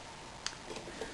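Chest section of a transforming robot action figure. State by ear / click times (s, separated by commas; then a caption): seated / 0.5 s. The chest block of a metal/plastic Gundam Fix Figuration Metal Composite Z Plus transforming robot action figure is pulled forward during transformation. A single sharp snap is heard at 0.5 s over a quiet background, with a few faint ticks afterward. The chest section snaps into place and is seated.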